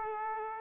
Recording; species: mosquito wingbeat signal from an infrared sensor; Aedes aegypti